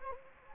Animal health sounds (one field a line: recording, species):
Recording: mosquito wingbeat signal from an infrared sensor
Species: Anopheles gambiae